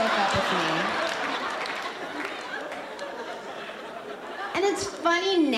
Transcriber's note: soundbite of laughter